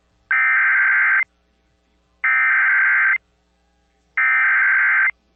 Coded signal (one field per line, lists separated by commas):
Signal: Emergency Alert System (SAME) tones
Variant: header bursts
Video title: FFF: FIONA'S FATAL FURY | EAS Alerts from 9/18/2022 (EAS #1986-1997)